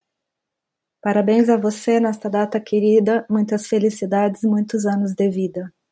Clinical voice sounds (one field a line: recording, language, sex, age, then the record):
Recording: short text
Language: Brazilian Portuguese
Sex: female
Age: 50 to 59 years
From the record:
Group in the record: control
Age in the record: 52 years